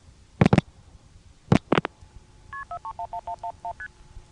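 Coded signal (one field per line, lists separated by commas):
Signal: multi-frequency trunk signalling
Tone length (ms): 80 ms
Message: KP4311111ST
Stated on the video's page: ITT Pentaconta crossbar switch in Asheboro, North Carolina, recorded in summer 1986.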